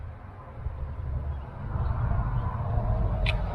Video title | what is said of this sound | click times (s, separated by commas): Replace Water Outlet Chevy Cruze 2011-2016 (EASY), Sonic,Trax,Encore and others | we're gonna stick it down in there make sure it clicks | 3.3 s